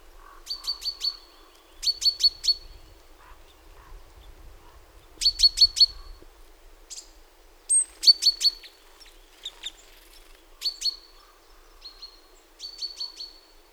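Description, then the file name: Great tit calling in short bursts of three or four sharp high ticks, each burst ending in a brief steady tone, repeated every few seconds with quiet gaps. "Parus major"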